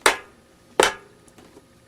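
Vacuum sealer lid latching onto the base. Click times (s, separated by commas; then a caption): 0.1 s, 0.8 s. The lid of a Kejector Blusmart vacuum sealer is pressed down onto its base, and its two side latches click into place at 0.1 s and 0.8 s, each a sharp, bright snap. A few faint ticks follow, and the lid is seated, latched on both sides.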